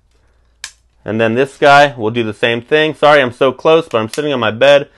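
An elastic-corded, tent-pole-style frame rod for a 2x3 grip flag is pushed into its corner fitting and snaps into place with a sharp snap at 0.6 s. Someone then talks for the rest of the clip.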